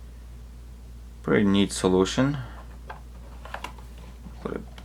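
An interchangeable handle end piece is being pushed back onto a throttle or mixture quadrant lever of a home flight-sim cockpit console. Someone talks briefly, then a few light handling taps and knocks follow. Nothing has seated or clicked yet.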